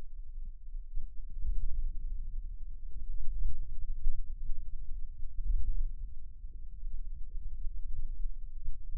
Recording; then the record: forearm muscle sounds (acoustic myography)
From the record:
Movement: ulnar deviation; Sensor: system 2, bracelet of six BSWA MPA416 microphones around the upper forearm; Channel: 1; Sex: male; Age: 22 years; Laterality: right